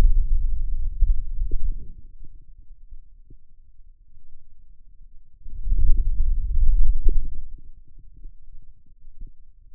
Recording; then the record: forearm muscle sounds (acoustic myography)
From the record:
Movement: wrist extension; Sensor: system 2, bracelet of six BSWA MPA416 microphones around the upper forearm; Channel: 2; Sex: male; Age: 22 years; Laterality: right